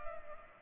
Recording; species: mosquito wingbeat signal from an infrared sensor; Culex pipiens